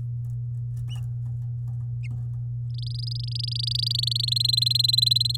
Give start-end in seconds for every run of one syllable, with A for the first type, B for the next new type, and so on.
2.74-4.30 A, 4.31-5.37 B